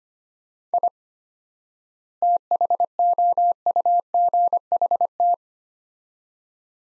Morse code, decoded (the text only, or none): I THOUGHT